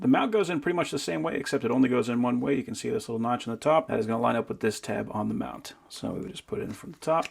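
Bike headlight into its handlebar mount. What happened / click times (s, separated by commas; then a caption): Handled, not yet home: the light is being fitted to its mount with no seating click / none. A man talks throughout as an X-TIGER 8 LED 2000 lumen bike headlight with battery display and 10000 mAh battery, with a plastic body, is positioned to slide down from the top into its handlebar mount, which it fits only one way, with the notch on top lining up with the tab on the mount. No distinct handling sounds stand out over the speech, and nothing has seated or clicked yet.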